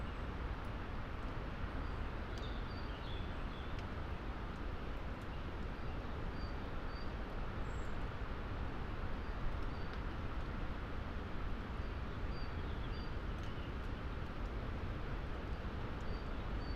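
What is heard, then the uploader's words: A steady roar of winter gale through a stand of tall trees fills the whole clip, dense and unbroken, heaviest in the low rumble with a hissing wash above. A few faint, high bird calls flicker through. Moorland forest mid winter gales. Twilight's coming. To be half way up a lonely Peak District moor, off the puddled track, looking down, into a mixed plantation of tall murmuring trees. Scots pine and spruce. Away from the holly tree, and the microphone box that we carefully tied and angled, so it could be an ear witness of this forest, in winter gales, before the storm.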